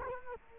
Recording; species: mosquito wingbeat signal from an infrared sensor; Culex quinquefasciatus